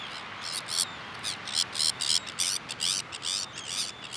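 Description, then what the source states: Sabine's gull calling: a rapid run of many short, rasping high notes. Recorded on Jan Mayen on 14 July 2024.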